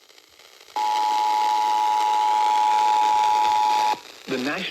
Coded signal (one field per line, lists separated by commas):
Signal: Emergency Alert System (SAME) tones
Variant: 853 and 960 Hz attention tone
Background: speech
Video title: (EAS #1177) Severe Thunderstorm Warning WKVG 94.5 FM 5/22/26